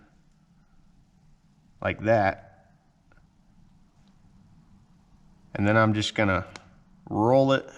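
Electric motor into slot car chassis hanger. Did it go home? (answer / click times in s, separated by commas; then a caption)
no / none. An electric motor is placed and lined up in a 3-ohm modified V1 slot car chassis, ready to be rolled into the hanger, while someone talks in three short bursts. Faint light ticks occur around 3.1, 3.2 and 4.1 seconds between the talking. The motor has not seated or clicked into the hanger yet.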